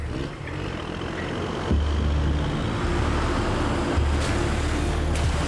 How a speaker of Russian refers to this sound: Егор заводит машину, фургон трогается.